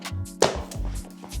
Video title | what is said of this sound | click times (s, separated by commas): There Is One REALLY Strange Thing Here - Uditer S3 Classic Unboxing | yeah you want to make sure it clicks in on the top and the bottom here nice and secure connection | 0.4 s, 0.7 s